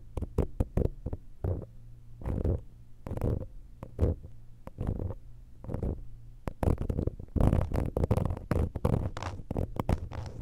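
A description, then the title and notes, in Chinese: Ear cleaning with scratchy, rustling strokes and sharp clicks, coming in irregular bursts over a low rumble, growing denser and louder after six seconds. 掏耳 ASMR。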